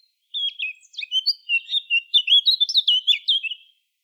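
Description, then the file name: Eurasian blackcap song: a quick warble of varied whistled notes lasting about three seconds. "Sylvia atricapilla"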